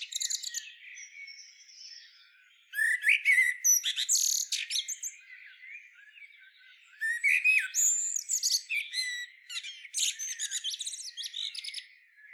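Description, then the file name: Blackbird delivering squeaky, chattering song phrases with high rattles and warbled notes, a soft spell in the middle before more loud twittering. "Turdus merula"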